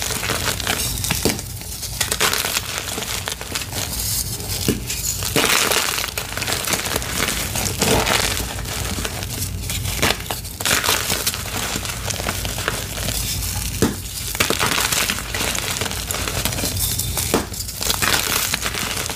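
Gym chalk blocks are crushed nonstop, a dense, gritty crunching and crumbling that fills the whole clip. Sharp cracks and snaps break through every couple of seconds, and a low steady rumble sits underneath throughout.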